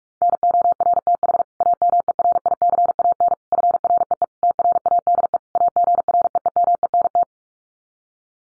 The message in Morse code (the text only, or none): NORTH AMERICAN FREE TRADE AGREEMENT